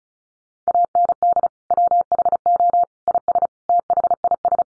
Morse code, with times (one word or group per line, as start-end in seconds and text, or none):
0.7-1.5 AND
1.7-2.8 WHO
3.1-3.5 IS
3.7-4.6 THIS